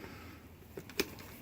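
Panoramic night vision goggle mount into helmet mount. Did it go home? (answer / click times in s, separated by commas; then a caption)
yes / 1.0 s. A quad-tube panoramic ANVIS 10 night vision goggle's metal and polymer mounting interface is guided in along the notches of a helmet mount and pushed until it latches. Two faint knocks at about 0.8 and 0.9 s lead into a single sharp click at 1.0 s, and the goggle is seated in the mount.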